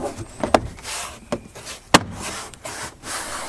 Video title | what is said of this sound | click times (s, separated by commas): SKODA FABIA Rear Door Inner Trim Panel (MK1 99-07) | until it clicks nicely into place | 0.6 s, 2.0 s